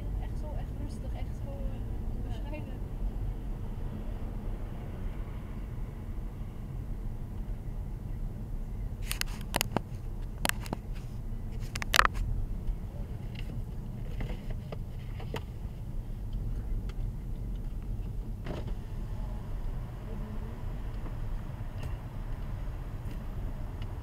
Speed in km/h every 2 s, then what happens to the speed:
24, 26, 27, 27, 26, 24, 23, 21, 19, 19, 18, 16.
0-7 steady at about 26. 7-24 slows to 16.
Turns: none.